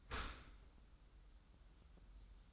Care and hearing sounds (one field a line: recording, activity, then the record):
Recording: daily activity, microphone in the room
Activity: open dishwasher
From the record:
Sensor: 3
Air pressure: 994.4 hPa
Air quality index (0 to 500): 209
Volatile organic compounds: 1000 ppm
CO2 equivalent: 6979 ppm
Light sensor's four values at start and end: 171/411/172/169 and 172/415/174/171